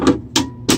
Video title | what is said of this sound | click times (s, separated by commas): Hot wheels 50 Car Display Case With exclusive Chevy silverado | Another satisfying click. | 0.4 s